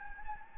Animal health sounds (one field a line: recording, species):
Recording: mosquito wingbeat signal from an infrared sensor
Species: Anopheles gambiae